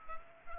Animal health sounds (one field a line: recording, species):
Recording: mosquito wingbeat signal from an infrared sensor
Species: Culex pipiens